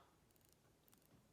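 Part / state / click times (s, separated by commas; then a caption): watch winding crown in its movement detent / released / 0.9 s. The winding crown of a Tudor Heritage Black Bay mechanical wristwatch is pulled out of its wound position against a quiet background. It clicks into the next detent, the setting position, with a crisp double click at 0.9 s and 0.9 s, and the crown is released.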